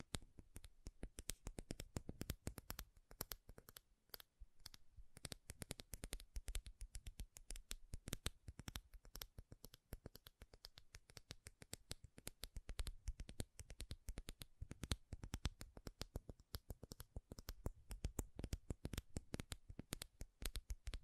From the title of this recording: MAKEUP TAPPING & SCRATCHING